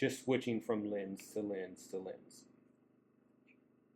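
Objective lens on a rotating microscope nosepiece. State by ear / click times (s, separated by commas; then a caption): not seated / none. Someone talks while handling the objective lenses on a rotating microscope nosepiece, with the speech fading out by about 2.5 s into quiet room noise. Nothing has seated or clicked yet; the lens has not locked into place over the specimen.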